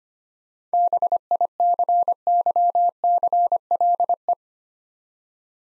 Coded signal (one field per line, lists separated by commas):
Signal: Morse code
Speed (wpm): 25 wpm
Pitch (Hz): 700 Hz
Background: none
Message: BICYCLE